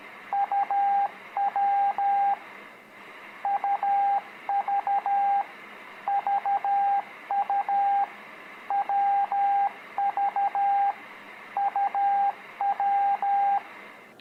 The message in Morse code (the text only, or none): UW UV VU WV UW